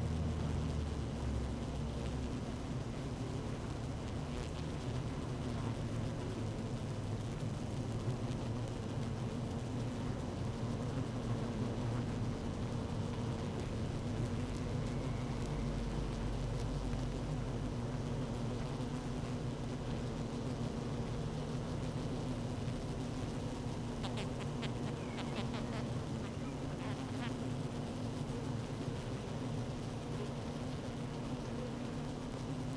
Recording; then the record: honeybee colony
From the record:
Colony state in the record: active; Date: 12 June 2018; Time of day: 15:56